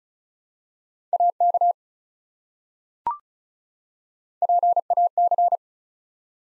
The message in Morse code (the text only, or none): AK PAC